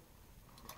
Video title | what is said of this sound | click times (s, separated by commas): W.S.T. FORTRESS MAXIMUS , K.O. REFLECTOR and K.O. Robotmasters CONVOY Review | there's two white ones that just click into place just there once that's in he's nearly done | 0.6 s, 0.7 s